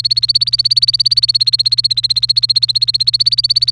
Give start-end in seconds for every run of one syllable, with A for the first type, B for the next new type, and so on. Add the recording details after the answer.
0.00-3.71 A. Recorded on 1 May 2018 at 11:29. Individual llb3